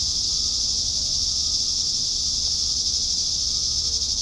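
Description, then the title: Cicadas in a loud, steady high-pitched whirring buzz without pauses, with a faint thin tone underneath. Several cicadas. "neoscenes: cicadas"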